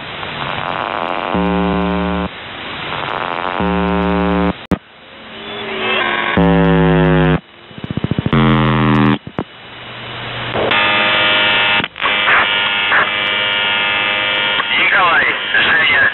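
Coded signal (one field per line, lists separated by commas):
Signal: channel marker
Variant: UVB-76 (The Buzzer)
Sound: short harsh buzzes about a second long, interrupted by distorted voice fragments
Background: radio static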